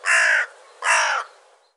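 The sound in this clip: Bird uttering two rasping caws, the second slightly longer and trailing off.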